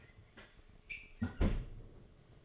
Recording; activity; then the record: daily activity, microphone in the room; close fridge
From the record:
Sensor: 4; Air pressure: 1005.3 hPa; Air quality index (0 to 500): 177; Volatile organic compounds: 5 ppm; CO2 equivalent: 1739 ppm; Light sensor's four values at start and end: 5/10/4/4 and 6/12/4/4